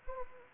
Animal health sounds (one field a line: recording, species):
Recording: mosquito wingbeat signal from an infrared sensor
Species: Anopheles gambiae